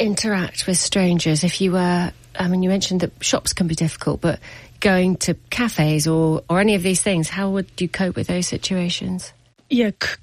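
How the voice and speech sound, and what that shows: An adult asks a long question in clear, fluent conversational speech. The pitch is moderate, the rhythm is steady, and there are brief natural pauses. There are no blocks, repetitions or strain, so this is typical speech, with a short reply of "yeah" at the end.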